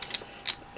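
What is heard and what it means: A white plastic model-kit part is pushed onto a small peg on the chest area of a model figure, where the white part meets the gray part. Sharp plastic clicks sound at about 0.0 s and 0.2 s, followed by another brief click near 0.5 s. The part snaps in and seats on the peg.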